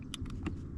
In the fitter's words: okay heard that click